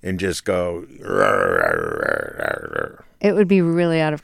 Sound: growling

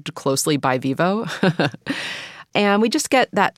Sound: laughter

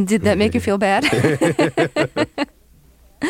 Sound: laughter

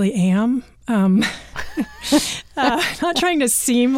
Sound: laughter

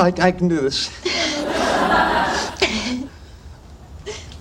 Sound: laughter

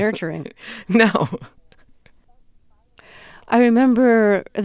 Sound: soundbite of laughter

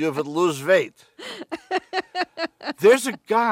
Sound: laughs

